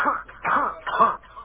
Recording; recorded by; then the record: voluntary cough; telephone call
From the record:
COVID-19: positive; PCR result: checked with the laboratory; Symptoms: no